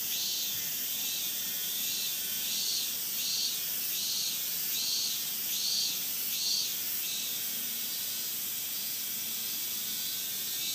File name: Hyalessa maculaticollis